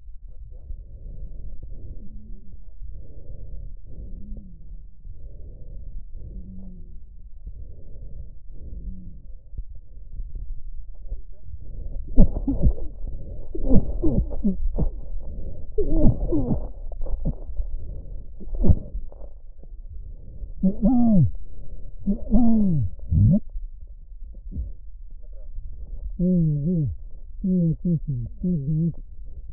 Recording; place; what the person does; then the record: lung sounds by stethoscope; left posterior apical chest; quiet breathing, then cough and speech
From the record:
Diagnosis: COPD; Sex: male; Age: 75 years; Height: 182 cm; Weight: 98 kg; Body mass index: 29.6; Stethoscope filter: extended mode